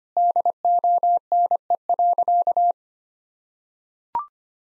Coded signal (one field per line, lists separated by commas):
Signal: Morse code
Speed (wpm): 25 wpm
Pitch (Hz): 700 Hz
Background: none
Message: DONE.